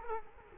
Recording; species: mosquito wingbeat signal from an infrared sensor; Culex quinquefasciatus